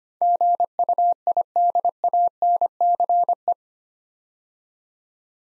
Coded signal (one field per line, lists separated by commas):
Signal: Morse code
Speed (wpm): 25 wpm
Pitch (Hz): 700 Hz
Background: none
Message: GUIDANCE